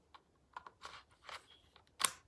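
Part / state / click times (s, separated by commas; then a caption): detachable controller into handheld game console side rail / seated / 2.1 s. A green Animal Crossing-style detachable controller is slid down the side rail of a Nintendo Switch Animal Crossing Edition handheld console. A few soft sliding scrapes and light clicks lead up to a sharp, bright latch click at 2.1 s. The controller seats with a satisfying click.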